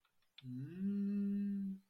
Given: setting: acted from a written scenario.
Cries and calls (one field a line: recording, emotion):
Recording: vocal sound without words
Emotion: desire